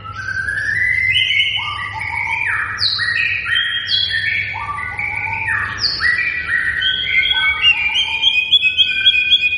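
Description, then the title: White-rumped shama song: dense stream of overlapping rising and falling whistled phrases, fast and varied, with a faint low hum beneath. Bird in full vigorous song; lure recording meant to draw a response from other shamas. "MURAI BATU GACOR"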